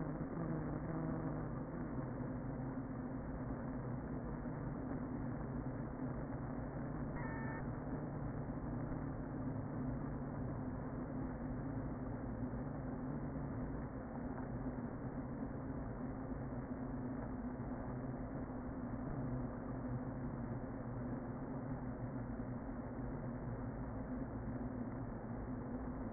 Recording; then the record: honeybee colony, microphone inside the hive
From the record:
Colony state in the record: queen present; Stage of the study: before two queens were removed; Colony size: about 60,000 bees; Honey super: yes